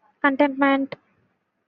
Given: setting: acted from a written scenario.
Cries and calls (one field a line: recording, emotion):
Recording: vocal sound without words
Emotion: contentment